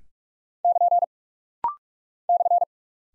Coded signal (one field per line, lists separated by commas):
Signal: Morse code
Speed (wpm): 44 wpm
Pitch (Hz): 700 Hz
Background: none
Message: <KN> /